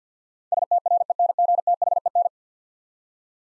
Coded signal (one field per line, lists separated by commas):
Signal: Morse code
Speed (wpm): 48 wpm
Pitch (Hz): 700 Hz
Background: none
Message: STRENGTHEN